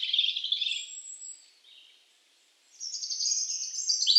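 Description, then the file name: European robin song: a high warbled phrase fades into soft notes, then a bright, sliding, tinkling phrase starts again after a short pause. "Erithacus rubecula"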